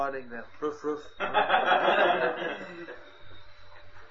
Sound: devotees laughing

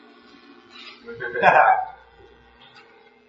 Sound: laughter

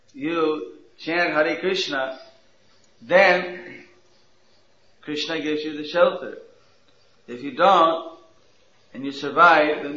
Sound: none

